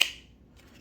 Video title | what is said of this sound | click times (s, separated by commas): OLIGHT is a Game Changer in lighting! | positive click | 0.0 s